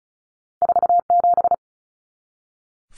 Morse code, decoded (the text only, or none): 47